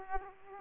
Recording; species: mosquito wingbeat signal from an infrared sensor; Aedes aegypti